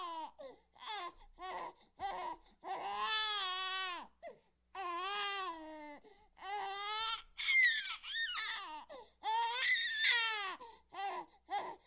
Baby Crying, Out Of Breath, Human.